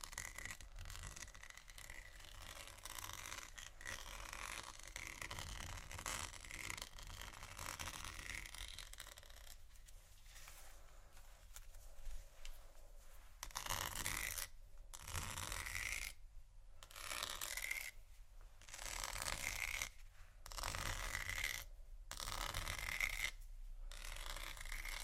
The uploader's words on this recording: Vinyl,plastic,bristles,tap,crinkle,scratching,glass,etc.(No Talking).